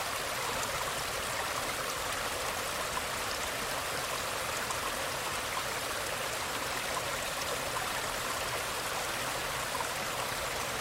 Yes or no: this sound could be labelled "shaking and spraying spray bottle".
no